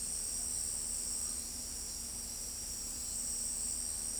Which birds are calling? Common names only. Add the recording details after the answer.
none. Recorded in pastures near Pivijay, Magdalena, Colombia, on 4 June 2023 at 01:30. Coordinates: 10.456, -74.369. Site P6-G026